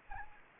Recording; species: mosquito wingbeat signal from an infrared sensor; Anopheles gambiae